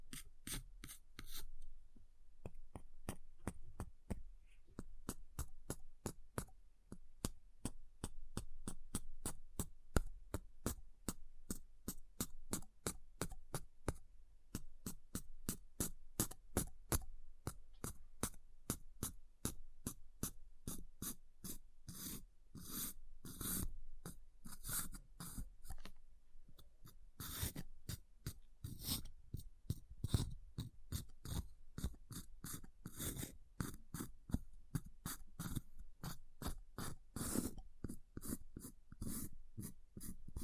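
Ice is tapped and scratched in a dense, fairly regular run of sharp clicks, several per second, lasting the whole forty seconds. Each strike is crisp and bright, with some louder hits scattered throughout, over a faint low hum underneath.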